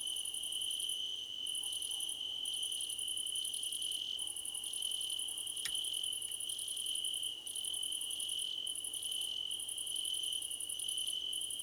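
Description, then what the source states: Chorus of crickets: an unbroken high trill with higher rapid chirp bursts separated by short silences, and a single faint click midway. Crickets in a choir competition.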